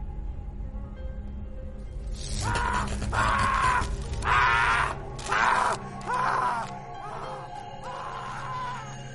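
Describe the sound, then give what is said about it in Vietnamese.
A series of agonized human screams rises in loud, strained bursts, each cry cracking and wavering, then tapers into weaker moaning wails over a steady low rumble, late at night in a village. “Ở bên kia tiếng hét nghe ghê lắm, thảm thiết đau đớn lắm.”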